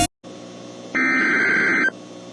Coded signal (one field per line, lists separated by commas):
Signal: Emergency Alert System (SAME) tones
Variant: header bursts